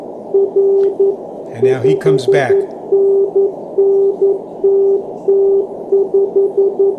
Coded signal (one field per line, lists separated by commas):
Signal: Morse code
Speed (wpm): 11 wpm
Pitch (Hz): 390 Hz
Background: speech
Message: R 5NN TT5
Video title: Morse Runner 1